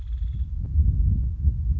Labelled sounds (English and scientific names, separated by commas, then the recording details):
Nuttall's Woodpecker (Dryobates nuttallii)
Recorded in Sonoma County, California